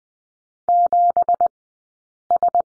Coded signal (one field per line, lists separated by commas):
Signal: Morse code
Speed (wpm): 20 wpm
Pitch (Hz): 700 Hz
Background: none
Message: 7S